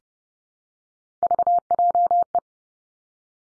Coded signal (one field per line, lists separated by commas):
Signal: Morse code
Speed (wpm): 30 wpm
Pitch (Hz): 700 Hz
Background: none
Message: VJE